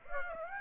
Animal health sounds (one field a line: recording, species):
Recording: mosquito wingbeat signal from an infrared sensor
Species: Aedes aegypti